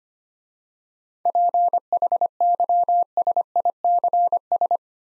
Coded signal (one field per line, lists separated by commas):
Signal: Morse code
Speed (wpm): 25 wpm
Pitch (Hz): 700 Hz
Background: none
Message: PHYSICS